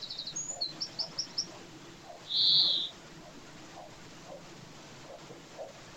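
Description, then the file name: European greenfinch giving a quick run of short high chipping notes, then a single loud, drawn-out nasal wheeze. "Chloris chloris"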